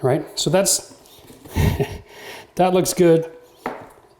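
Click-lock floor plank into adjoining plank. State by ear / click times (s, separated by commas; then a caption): seated / 3.7 s. Someone talks while a vinyl/laminate click-lock floor plank is pressed into the click-lock joint of an adjoining plank in the first rows, to make sure they are nice and tight with no gap. A sharp click sounds at 3.7 s as the plank clicks in and seats.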